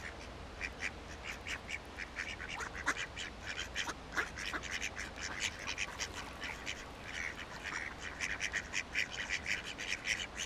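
Several ducks giving short harsh quacks and squawks in irregular overlapping bursts, steady flock chatter over a low background hum.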